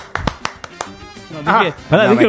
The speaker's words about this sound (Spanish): Bueno, un fuerte aplauso. Un fuerte aplauso, no, por favor. Un fuerte aplauso.